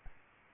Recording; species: mosquito wingbeat signal from an infrared sensor; Aedes albopictus